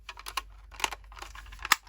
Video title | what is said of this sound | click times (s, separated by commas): Heater/ AC panel lights failed on Chrysler C300 Tutorial | And without using your knackered thumb, just squeeze. You will hear it click together. | 0.8 s, 1.7 s